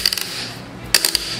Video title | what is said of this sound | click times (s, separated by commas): Toro Super Recycler Mower Review - Is It Worth It? | like on the cars you turn it till it clicks | 0.1 s, 0.2 s, 1.0 s, 1.1 s